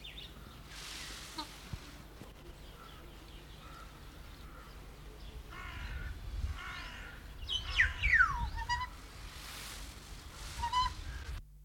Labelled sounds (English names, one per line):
Black-naped Oriole